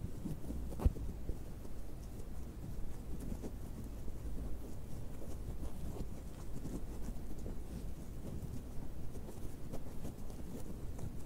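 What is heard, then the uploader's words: A box is scratched and handled, with dense, irregular low scraping and rustling throughout, a sharp knock near the one-second mark. ASMR BOX OPENING, BOX SCRATCHING NO TALKING.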